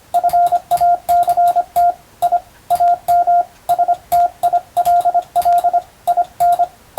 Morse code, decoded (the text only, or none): FACT I AM STILL IN